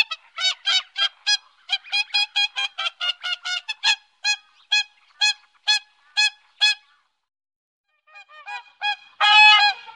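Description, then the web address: Whooper swan calls: a long run of bugling honks, rapid at first and then slower, pausing briefly before fainter calls and a louder, harsher honk at the end. "Faglar Sound Sangsvan"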